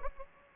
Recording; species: mosquito wingbeat signal from an infrared sensor; Aedes aegypti